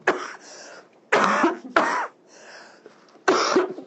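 Four harsh, abrupt coughs in under four seconds, with quick breaths between them, from an adult woman who is sick.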